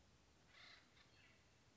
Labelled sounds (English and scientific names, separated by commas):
Acorn Woodpecker (Melanerpes formicivorus)